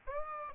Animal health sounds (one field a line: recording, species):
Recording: mosquito wingbeat signal from an infrared sensor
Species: Aedes albopictus